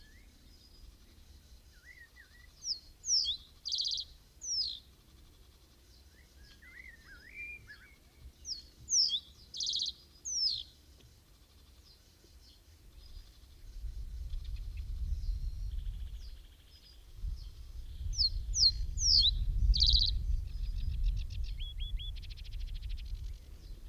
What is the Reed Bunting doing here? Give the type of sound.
song